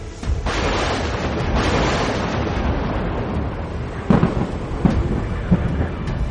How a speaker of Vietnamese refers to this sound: Một loạt những tia sét đánh xuống, và đúng như ý tôi muốn, chúng bị hắc lực thần chú hút hết vào trong lá bùa đỏ.